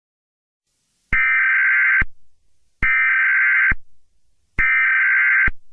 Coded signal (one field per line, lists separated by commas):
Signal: Emergency Alert System (SAME) tones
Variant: header bursts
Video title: An EAS scenario USA vs Egypt